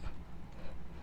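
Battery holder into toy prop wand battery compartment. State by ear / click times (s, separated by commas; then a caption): not seated / none. A spring-loaded battery holder is held down and pushed into the battery compartment of a plastic Ghostbusters Plasma Series Spengler Neutrona Wand toy prop. Only a steady low hum and faint handling rustle are heard, with no sharp sounds. Nothing has seated or clicked yet.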